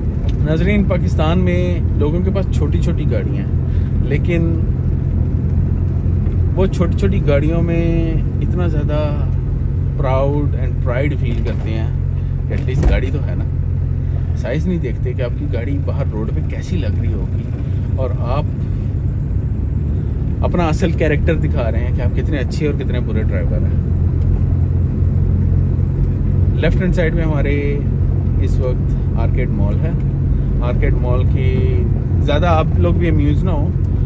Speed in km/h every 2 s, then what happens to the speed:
19, 19, 19, 19, 13, 7, 7, 10, 12, 16, 17, 19, 20, 20, 20, 20, 20.
0-6 steady at about 19. 6-12 slows to 7. 12-21 speeds up to 19. 21-34 steady at about 20.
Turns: none.